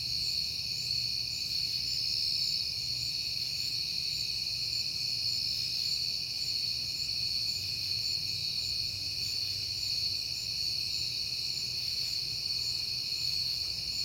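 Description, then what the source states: Crickets keep up an even, shrill trilling chorus across the whole stretch, with soft low-frequency background noise. Crickets at night in September, on a peaceful night.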